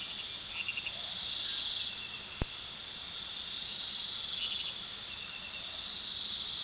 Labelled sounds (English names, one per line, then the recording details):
none
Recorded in pastures near Puerto Asís, Putumayo, Colombia, on 18 February 2024 at 01:30
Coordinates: 0.468, -76.328
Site G6414